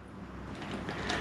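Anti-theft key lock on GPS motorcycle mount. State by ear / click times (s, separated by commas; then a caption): not seated / none. The small key supplied with the anti-theft system is turned to close the lock on the GPS motorcycle mount of a TomTom Rider 550. Steady handling noise grows slightly louder, with a brief louder burst around 0.9 s. The clip ends just before the part goes home, and nothing has seated or clicked yet.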